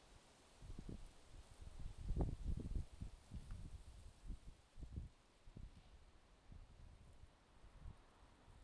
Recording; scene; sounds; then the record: everyday scene through a hearing-aid microphone; wind on the microphone; wind, traffic, birds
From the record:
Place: suburban garden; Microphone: in the ear canal, left